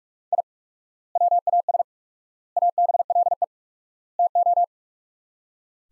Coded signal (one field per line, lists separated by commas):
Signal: Morse code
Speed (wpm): 42 wpm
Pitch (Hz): 700 Hz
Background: none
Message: I WAS ABLE TO